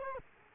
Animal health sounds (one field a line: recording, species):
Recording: mosquito wingbeat signal from an infrared sensor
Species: Culex quinquefasciatus